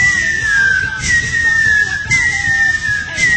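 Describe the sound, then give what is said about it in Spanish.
A person imitates the catcall whistles that people threw at a woman, a shrill high tone that slides gently downward, repeated in about three drawn-out phrases over a steady rough background hiss. “Y entonces le aventaban esos chifladores, los que hacen.”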